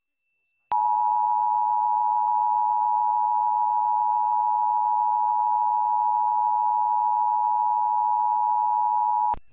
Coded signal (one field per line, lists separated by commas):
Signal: Emergency Alert System (SAME) tones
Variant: 853 and 960 Hz attention tone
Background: speech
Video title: EAS Required Monthly Test [11/8/2023]